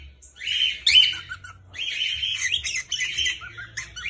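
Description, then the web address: Cockatiel screeching: loud, harsh, buzzy calls, a sharp shriek near the start followed by a longer, rasping stretch of screams. Screams of a female and a male cockatiel. "صدای-جیغ-عروس-هلندی-ماده-و-نر"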